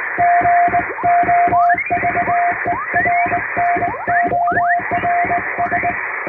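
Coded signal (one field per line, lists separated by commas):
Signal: Morse code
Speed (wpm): 19 wpm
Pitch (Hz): 700 Hz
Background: music, radio noise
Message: GOVERNORS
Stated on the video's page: English CW sent by hand by a first-class radiotelegraph operator on an HK-808 vertical straight key, as live Morse for receiving practice.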